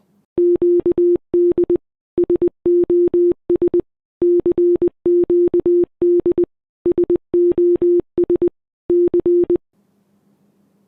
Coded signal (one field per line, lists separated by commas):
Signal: Morse code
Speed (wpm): 20 wpm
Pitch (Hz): 350 Hz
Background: none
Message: QD SOS CQD SOS C